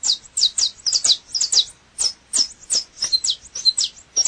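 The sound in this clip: Double-collared seedeater delivering quick, high, down-slurred notes in close runs, some notes doubled, with short gaps between bursts.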